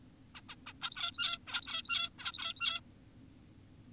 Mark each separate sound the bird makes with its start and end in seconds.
0.35-0.41, 0.49-0.56, 0.67-0.73, 0.82-1.38, 1.47-2.10, 2.19-2.81